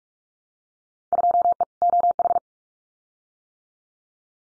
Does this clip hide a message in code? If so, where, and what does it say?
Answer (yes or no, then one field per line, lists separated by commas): yes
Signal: Morse code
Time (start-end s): 1.1-2.4 s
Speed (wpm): 46 wpm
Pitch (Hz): 700 Hz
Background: none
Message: 2E OH